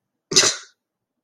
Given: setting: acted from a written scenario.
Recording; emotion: vocal sound without words; contempt